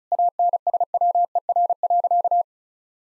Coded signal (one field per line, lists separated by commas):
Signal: Morse code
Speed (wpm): 36 wpm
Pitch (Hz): 700 Hz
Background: none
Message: ANSWER.